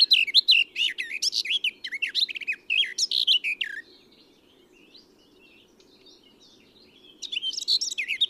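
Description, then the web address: Eurasian blackcap sings a quick, scratchy, varied warble for almost four seconds, falls quiet, then starts another phrase near the end; faint low hum throughout. "SETE Sylvia atricapilla"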